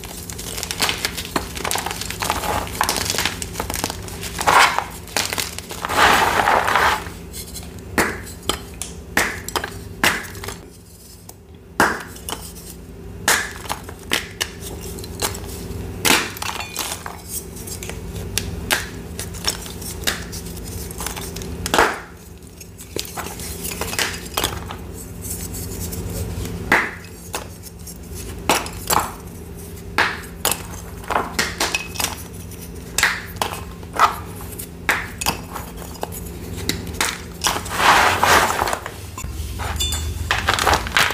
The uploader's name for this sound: Cornstarch, Rolling Pin Crushing, Mixing, Reforming Purple Paste